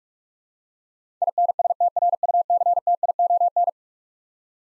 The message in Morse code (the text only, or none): INSTRUCTION